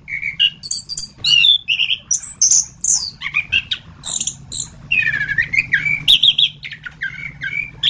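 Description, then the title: Thrush singing a varied, continuous run of whistled notes, buzzy trills and quick downslurred chirps, with a steady low hum beneath. "Suara Burung Anis"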